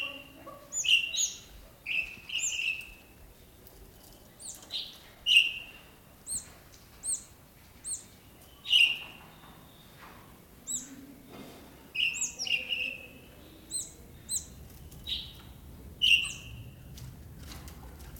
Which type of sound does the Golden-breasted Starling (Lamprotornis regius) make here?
call